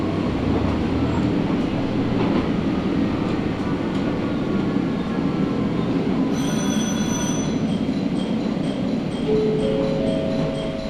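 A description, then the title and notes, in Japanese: A Matsuura Railway train runs from Matsuura toward Imari with a steady, dense low rumble throughout. Around six seconds a thin high squeal or whine rises above the roar for a couple of seconds, and near the end faint tonal lines appear, possibly brakes or wheels on a curve. 松浦鉄道 松浦→伊万里。松浦から伊万里は海岸線に沿ったりしながら磁器で有名な伊万里へ向かいます。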